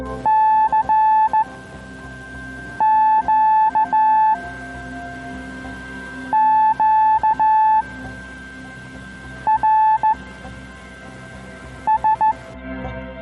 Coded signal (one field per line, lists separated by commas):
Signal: Morse code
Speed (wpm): 15 wpm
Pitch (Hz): 870 Hz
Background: music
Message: CQ QRS